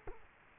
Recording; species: mosquito wingbeat signal from an infrared sensor; Culex quinquefasciatus